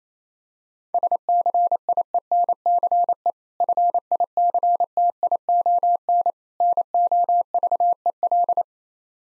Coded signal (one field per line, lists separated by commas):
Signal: Morse code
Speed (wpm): 28 wpm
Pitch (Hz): 700 Hz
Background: none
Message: SCIENCE FICTION NOVEL